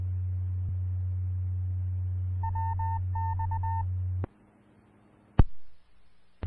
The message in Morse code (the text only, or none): WX E